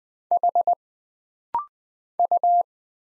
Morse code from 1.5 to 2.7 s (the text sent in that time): U